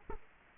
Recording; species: mosquito wingbeat signal from an infrared sensor; Culex quinquefasciatus